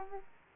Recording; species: mosquito wingbeat signal from an infrared sensor; Aedes aegypti